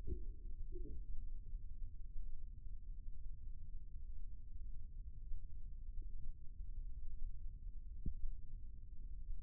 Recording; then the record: forearm muscle sounds (acoustic myography)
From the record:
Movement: rest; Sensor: system 2, bracelet of six BSWA MPA416 microphones around the upper forearm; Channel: 3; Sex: male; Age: 22 years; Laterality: right